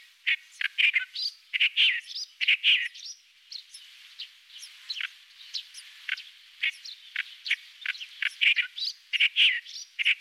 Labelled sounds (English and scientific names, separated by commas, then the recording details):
Clamorous Reed Warbler (Acrocephalus stentoreus) song
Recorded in the wild
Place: Kurtlisee, TM
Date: 2001-05-14
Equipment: MiniDisc Sharp MT 20 H
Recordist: Schwarz, Dieter